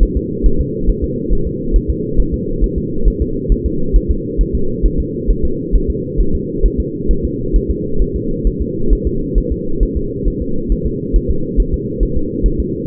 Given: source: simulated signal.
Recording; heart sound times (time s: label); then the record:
fetal heart sounds
0.03 s: S1
0.17 s: S2
0.46 s: S1
0.61 s: S2
0.89 s: S1
1.04 s: S2
1.33 s: S1
1.47 s: S2
1.76 s: S1
1.90 s: S2
2.20 s: S1
2.34 s: S2
2.64 s: S1
2.78 s: S2
3.08 s: S1
3.22 s: S2
3.52 s: S1
3.66 s: S2
3.96 s: S1
4.11 s: S2
4.41 s: S1
4.55 s: S2
4.86 s: S1
5.00 s: S2
5.30 s: S1
5.45 s: S2
5.75 s: S1
5.90 s: S2
6.20 s: S1
6.35 s: S2
6.66 s: S1
6.80 s: S2
7.11 s: S1
7.25 s: S2
7.56 s: S1
7.70 s: S2
8.02 s: S1
8.16 s: S2
8.47 s: S1
8.61 s: S2
8.93 s: S1
9.07 s: S2
9.38 s: S1
9.52 s: S2
9.83 s: S1
9.97 s: S2
10.28 s: S1
10.42 s: S2
10.72 s: S1
10.86 s: S2
11.16 s: S1
11.30 s: S2
11.60 s: S1
11.74 s: S2
12.03 s: S1
12.17 s: S2
12.46 s: S1
12.60 s: S2
From the record:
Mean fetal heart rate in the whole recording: 135 bpm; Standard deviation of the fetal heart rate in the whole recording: 3 bpm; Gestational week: 36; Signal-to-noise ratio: -8.1 dB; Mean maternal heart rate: 72 bpm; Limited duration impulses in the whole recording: absent